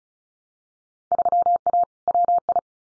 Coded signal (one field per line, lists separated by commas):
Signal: Morse code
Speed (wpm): 36 wpm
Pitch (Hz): 700 Hz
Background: none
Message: 3A WI